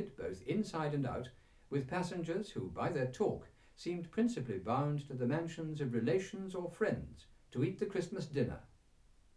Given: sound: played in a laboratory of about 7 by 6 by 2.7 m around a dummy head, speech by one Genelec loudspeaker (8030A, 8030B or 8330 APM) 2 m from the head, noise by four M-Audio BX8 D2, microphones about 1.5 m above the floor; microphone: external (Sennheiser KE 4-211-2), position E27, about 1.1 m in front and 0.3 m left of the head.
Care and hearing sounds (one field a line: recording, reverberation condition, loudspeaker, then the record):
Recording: male speech in English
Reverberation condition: low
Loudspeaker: 120 degrees to the left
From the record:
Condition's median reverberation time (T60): about 310 ms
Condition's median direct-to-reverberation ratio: about 3.5 dB